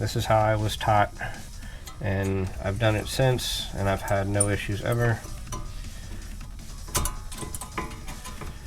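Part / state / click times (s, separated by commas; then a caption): brake pad into caliper bracket / not seated / none. A front brake pad with small tabs is handled at the metal caliper bracket of a 2015 Chrysler 200 during a front brake install while someone talks, followed by a few sharp handling knocks around 5.5 s and between 7.0 and 7.8 s. The pad has not snapped into the bracket yet; nothing has seated or clicked by the end of the clip.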